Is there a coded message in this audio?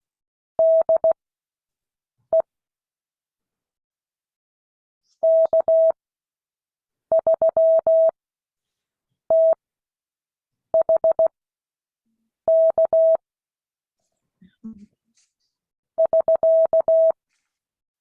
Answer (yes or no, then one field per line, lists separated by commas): yes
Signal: Morse code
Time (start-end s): 0.6-17.1 s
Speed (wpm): 16 wpm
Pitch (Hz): 650 Hz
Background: none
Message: DE K3THK <SK>